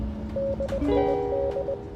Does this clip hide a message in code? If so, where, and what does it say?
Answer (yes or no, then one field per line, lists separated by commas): yes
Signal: Morse code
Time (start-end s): 0.4-1.7 s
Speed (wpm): 20 wpm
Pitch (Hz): 550 Hz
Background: music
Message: DID